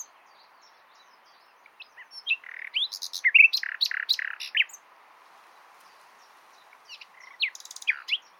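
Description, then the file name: Common nightingale singing: a burst of rich chirps and rapid repeated notes for about three seconds, a short silence, then a brief second phrase of sharp notes. "Luscinia megarhynchos"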